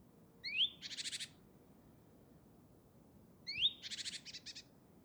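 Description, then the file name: Great tit call: two phrases, each a sharp rising whistle followed by a dry, stuttering churr, with a quiet gap between. "Parus major"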